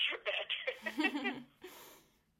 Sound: laughter